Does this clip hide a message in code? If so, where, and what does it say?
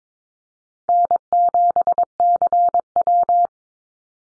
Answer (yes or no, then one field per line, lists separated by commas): yes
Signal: Morse code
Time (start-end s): 0.9-3.5 s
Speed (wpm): 22 wpm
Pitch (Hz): 700 Hz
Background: none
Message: N7CW